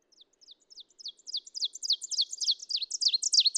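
Ovenbird song starting as soft, high notes and building into a loud, rapid chant of repeated downslurred two-part phrases.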